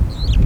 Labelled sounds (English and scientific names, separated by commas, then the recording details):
Superb Starling (Lamprotornis superbus) flight call
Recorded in Kenya